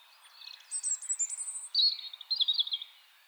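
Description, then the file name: European robin song: two quick high phrases of jangling, tinkling notes, the second lower and more trilled, over a faint hiss. "Erithacus rubecula"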